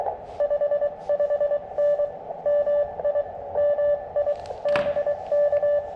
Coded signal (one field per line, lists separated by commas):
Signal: Morse code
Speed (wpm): 22 wpm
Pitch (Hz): 600 Hz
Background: none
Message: 55N MI MI BK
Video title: QRP CW POTA at Filmore Glen State Park